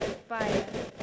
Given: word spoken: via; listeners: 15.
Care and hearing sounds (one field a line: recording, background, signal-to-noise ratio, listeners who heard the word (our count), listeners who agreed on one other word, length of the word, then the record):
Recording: one English word in noise, from a listening test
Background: noise modulated by three-talker babble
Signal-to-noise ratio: -4.3 dB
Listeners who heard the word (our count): 0 of 15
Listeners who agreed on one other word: 14 of 15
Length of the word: 0.63 s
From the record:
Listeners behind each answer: 14, 1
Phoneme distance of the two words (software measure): 10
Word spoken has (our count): 2 syllables, 3 phonemes, stress on syllable 1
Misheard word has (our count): 2 syllables, 3 phonemes, stress on syllable 1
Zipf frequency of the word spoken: 4.12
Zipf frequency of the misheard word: 5.18